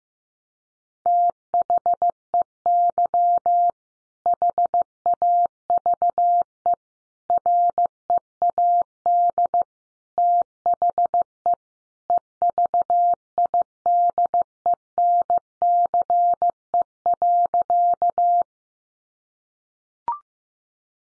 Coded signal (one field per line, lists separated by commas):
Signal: Morse code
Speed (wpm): 15 wpm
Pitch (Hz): 700 Hz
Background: none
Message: THEY HAVE READ THE EVIDENCE.